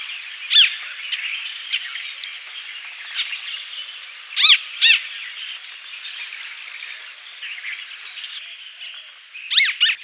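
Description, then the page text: Crested treeswift giving sharp, ringing, arched call notes, one early, a pair midway and a pair near the end, against a steady high hiss. "Crested Treeswift Calls. Quick Sounds"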